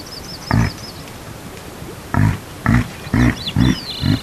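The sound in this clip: Reindeer grunts: low, rough pulses, one alone then a quick cluster of five, while small birds chirp and trill in the background.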